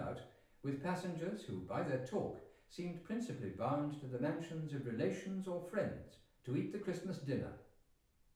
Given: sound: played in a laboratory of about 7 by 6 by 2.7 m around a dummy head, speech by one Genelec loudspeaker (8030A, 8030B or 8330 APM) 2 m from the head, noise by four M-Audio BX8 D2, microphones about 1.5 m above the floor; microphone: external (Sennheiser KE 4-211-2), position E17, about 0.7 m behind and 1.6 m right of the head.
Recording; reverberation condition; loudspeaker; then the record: male speech in English; medium; 120 degrees to the left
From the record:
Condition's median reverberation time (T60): about 510 ms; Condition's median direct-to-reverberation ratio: about -0.5 dB